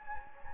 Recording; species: mosquito wingbeat signal from an infrared sensor; Anopheles gambiae